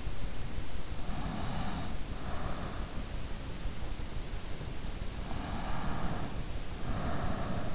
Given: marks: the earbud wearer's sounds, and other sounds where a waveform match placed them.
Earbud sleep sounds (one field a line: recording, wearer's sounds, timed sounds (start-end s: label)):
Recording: sounds in sleep by an in-ear microphone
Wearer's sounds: breath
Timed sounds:
1.00-2.93 s: breath
5.24-7.75 s: breath